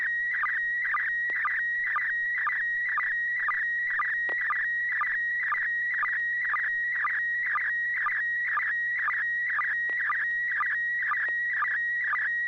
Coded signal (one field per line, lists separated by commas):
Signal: SSTV (slow-scan television)